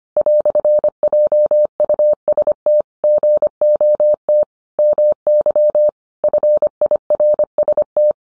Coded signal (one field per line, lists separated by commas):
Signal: Morse code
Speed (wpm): 25 wpm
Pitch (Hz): 600 Hz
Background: none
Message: "JUST GOT MY FIRST